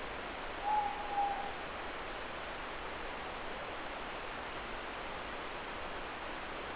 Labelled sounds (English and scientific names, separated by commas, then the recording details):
Morepork (Ninox novaeseelandiae) more-pork call
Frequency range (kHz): Morepork (Ninox novaeseelandiae) 0.7-1.0 kHz
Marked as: faintness 3/5
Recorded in New Zealand
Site Eglinton